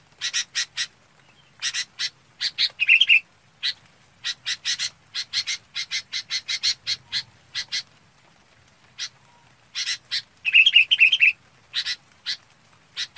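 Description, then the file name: Red-whiskered bulbul calls in dense runs of rasping notes, broken by two short warbled, bubbling phrases. Calling the flock. "Tieng chao mao bong goi bay"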